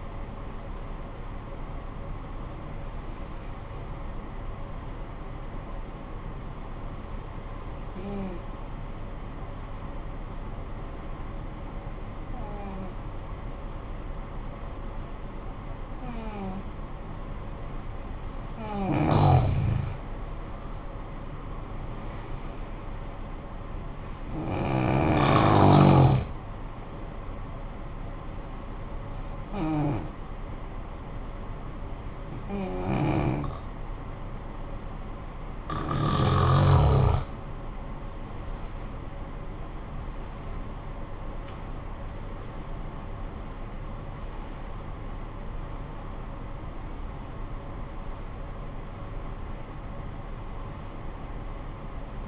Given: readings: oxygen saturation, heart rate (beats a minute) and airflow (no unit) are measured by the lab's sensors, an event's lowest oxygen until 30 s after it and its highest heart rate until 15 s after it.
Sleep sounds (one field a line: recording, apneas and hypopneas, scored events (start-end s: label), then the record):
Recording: breathing in sleep by a smartphone at the bedside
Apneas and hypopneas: 2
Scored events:
6.00-19.70 s: hypopnea (N1, oxygen 95% highest, then 86% lowest, heart rate 56 at the start, 66 highest)
28.00-41.70 s: hypopnea (N1, oxygen 89% highest, then 86% lowest, heart rate 55 at the start, 81 highest)
From the record:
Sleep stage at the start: N1 (lightest sleep)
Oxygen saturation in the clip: 86 to 95%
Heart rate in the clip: 51 to 81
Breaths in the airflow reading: 11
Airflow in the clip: -13.3 to 18.2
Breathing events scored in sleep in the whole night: 445 in 7.6 hours asleep